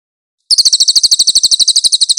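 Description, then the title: Cililin song: a fast, steady trill of high, sharp chirps repeated many times a second after a brief silence, with no other sounds. Cililin song used as a master for training songbirds. "SUARA BURUNG CILILIN"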